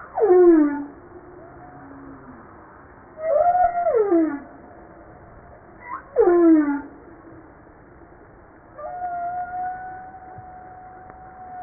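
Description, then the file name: Humpback whale song: three sliding cries dropping sharply from high to mid pitch, then a long, level whistle-like tone held for several seconds. Recorded on 5 March 1994. "Baleine a bosse 940305-1022"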